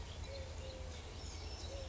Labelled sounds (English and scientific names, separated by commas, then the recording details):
Eurasian Collared Dove (Streptopelia decaocto)
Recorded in Sonoma County, California